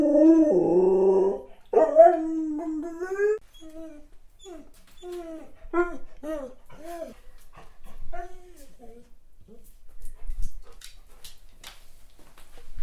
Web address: ululato di un cane ce anche un altro suono